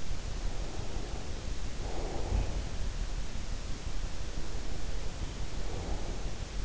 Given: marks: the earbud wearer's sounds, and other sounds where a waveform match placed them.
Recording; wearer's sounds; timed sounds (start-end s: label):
sounds in sleep by an in-ear microphone; breath
0.13-3.04 s: breath
4.54-6.65 s: breath